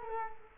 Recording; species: mosquito wingbeat signal from an infrared sensor; Culex quinquefasciatus